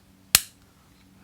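The factory stock cable's jack is plugged into the ear cup socket of a pair of Sivga Anser headphones. It snaps home with a single sharp click at 0.4 s that rings briefly and fades against a quiet background. The jack is fully seated.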